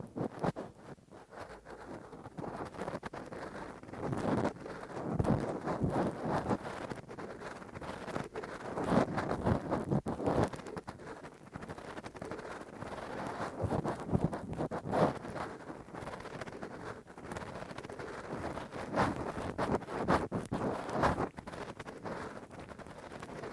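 Ear cleaning with a Q-tip and ear pick: a dense, continuous rough scratching and rubbing that rarely pauses. The sound is muffled and deep, with frequent crackling bursts and scrapes every fraction of a second, holding a steady level throughout.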